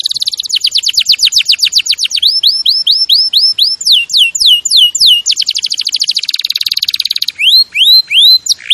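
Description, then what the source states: Canary song of quick high trills alternating with sets of upswept and downslurred notes, each phrase repeated several times before changing, with a buzzy rattling passage near the end. Champion canary song used as a master recording for training other birds.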